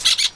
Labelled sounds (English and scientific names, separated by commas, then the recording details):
Brown-throated Parakeet (Eupsittula pertinax) contact call
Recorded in Venezuela
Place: PN Cerro Saroche, Tierras del Sr. Polo, Edo. Lara
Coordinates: 10.171, -69.518